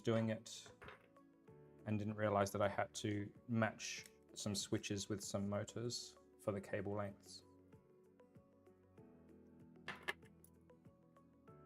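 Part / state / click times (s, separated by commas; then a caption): component into 3D-printed respooler housing / seated / 9.9 s, 10.1 s. Someone talks over background music, then a component of a filament respooler or extruder assembly is pushed into its 3D-printed plastic housing. It pops into place with a short clunk at 9.9 s and a sharper click at 10.1 s, and the part is seated.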